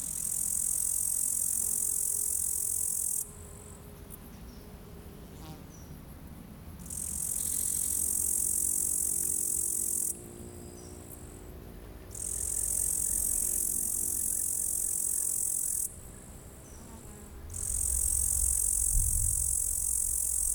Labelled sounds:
Upland Green Bush-cricket (Tettigonia cantans) stridulation

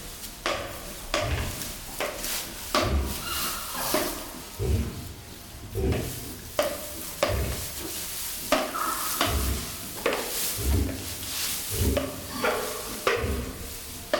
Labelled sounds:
White-lipped Peccary (Tayassu pecari)

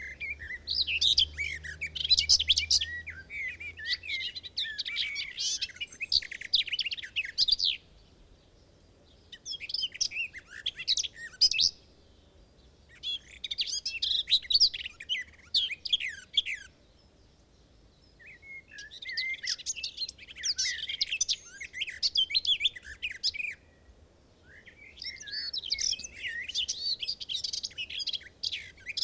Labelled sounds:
Garden Warbler (Sylvia borin) song

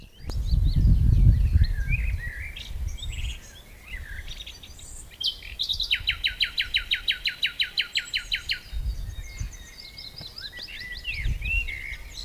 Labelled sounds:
Common Nightingale (Luscinia megarhynchos) song

